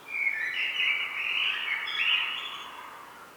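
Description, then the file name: Common blackbird giving a continuous warbled phrase that runs unbroken for about three seconds and fades slightly at the end. "Turdus merula"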